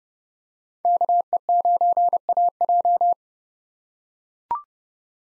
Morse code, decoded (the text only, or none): KE9AJ